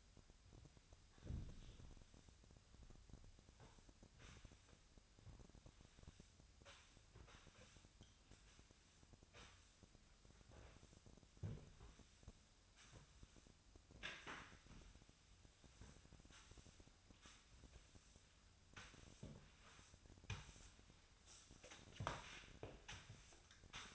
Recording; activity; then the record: daily activity, microphone in the room; sweep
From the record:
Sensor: 2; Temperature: 25.5 degrees Celsius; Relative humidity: 38.8%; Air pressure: 1006.8 hPa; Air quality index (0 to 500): 198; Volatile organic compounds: 13 ppm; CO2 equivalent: 2426 ppm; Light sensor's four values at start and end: 9/22/9/9 and 9/22/9/9